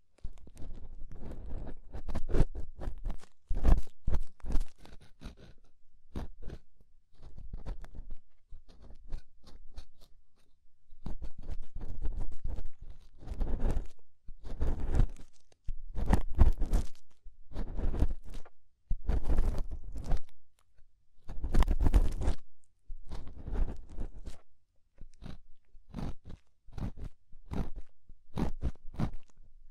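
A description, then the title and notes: Crunchy scraping sounds come in quick bursts of rasping strokes, with brief quiet gaps between clusters. The strokes are dry and crackly, reaching from a low rumble up to a bright hiss. They continue at an irregular pace for the whole half minute. Inner and Outer Ear Scraping (No Talking).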